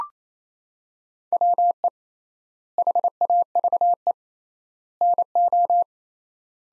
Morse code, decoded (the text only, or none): WE HAVE NO